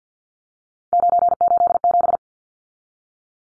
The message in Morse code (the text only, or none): 987